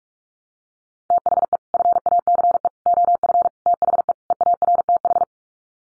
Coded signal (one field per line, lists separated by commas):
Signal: Morse code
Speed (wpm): 44 wpm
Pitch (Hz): 700 Hz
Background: none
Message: THE FACE OF THE EARTH